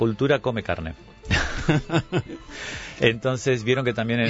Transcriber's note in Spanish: risas